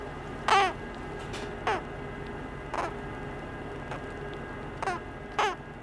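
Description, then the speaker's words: Kākāpō chick calls, brief harmonic chirps given singly at irregular intervals. Chick calling from inside its egg, felt vibrating through the eggshell; a small hole visible in the top of the shell. "And I can feel it vibrating inside my hand as well, just through the eggshell."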